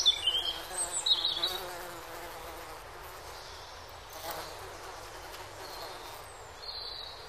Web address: pasieka w lesie w dzien slychac pszczoly ptaki spiewaja